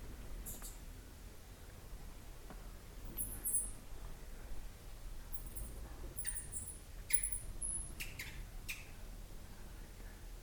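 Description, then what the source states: Bats squeaking: short, high, thin chirps in scattered bursts, clustering in the middle and latter half, over a steady low background hiss. Bats in Burma.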